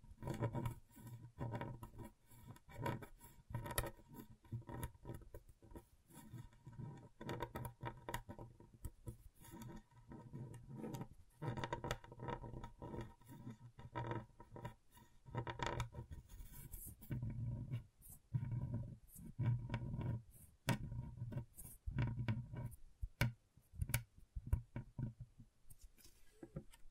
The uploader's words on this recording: ASMR Brain Tingling Scratchboard (No Talking).